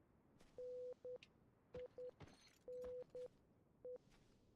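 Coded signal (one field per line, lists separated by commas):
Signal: Morse code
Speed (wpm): 10 wpm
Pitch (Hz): 500 Hz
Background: none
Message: NINE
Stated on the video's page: Morse heard in the PS3 game Resistance: Fall of Man.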